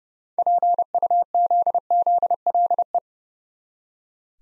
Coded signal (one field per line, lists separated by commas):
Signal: Morse code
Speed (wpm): 30 wpm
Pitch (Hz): 700 Hz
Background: none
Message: PUZZLE